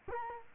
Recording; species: mosquito wingbeat signal from an infrared sensor; Culex quinquefasciatus